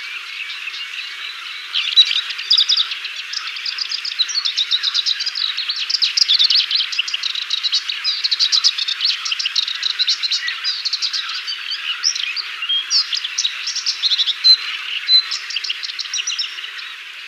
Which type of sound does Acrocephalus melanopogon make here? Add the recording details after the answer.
song. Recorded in the wild. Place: Damtschik/Wolgadelta, RU. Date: 1995-05-14. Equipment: Dat-Recorder Casio DA 7, Telinga DAT, Telinga-Parabolspiegel. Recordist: Schwarz, Dieter